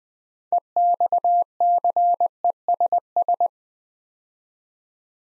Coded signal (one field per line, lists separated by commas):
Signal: Morse code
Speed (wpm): 20 wpm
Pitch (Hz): 700 Hz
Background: none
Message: EXCESS